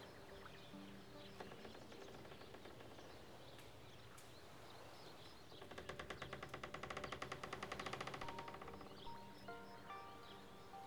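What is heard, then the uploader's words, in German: At the edge of a Canadian lake, a steady low murmur runs throughout. From about six to eight and a half seconds a rapid, regular pulsing trill rises and fades, and short clear whistled notes follow near the end, like birds calling. Am Rande eines kanadischen Sees.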